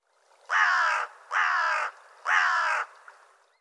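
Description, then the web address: Bird producing three hoarse, raspy caws roughly one second apart. "cianscape birddata Deverinetal 2025"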